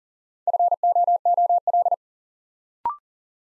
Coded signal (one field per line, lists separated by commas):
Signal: Morse code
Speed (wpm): 40 wpm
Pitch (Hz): 700 Hz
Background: none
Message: FOOL